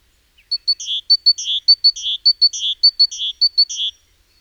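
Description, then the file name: Great tit calling in a rapid, regular series, with clipped high notes alternating with harsh buzzy notes, the sequence starting after a brief silence. "Parus major"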